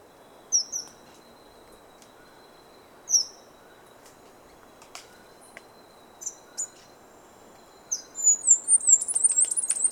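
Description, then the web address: Bird sounds: a few separate high chirps with gaps of several seconds, then a burst of rapid, very high twittering notes at the end. Ecuador, South America. "Natures Songs S America Birds of Ecuador"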